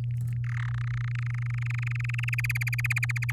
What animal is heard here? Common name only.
Domestic Canary